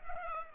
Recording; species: mosquito wingbeat signal from an infrared sensor; Culex pipiens